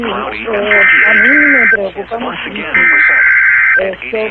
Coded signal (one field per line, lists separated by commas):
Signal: Emergency Alert System (SAME) tones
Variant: header bursts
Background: speech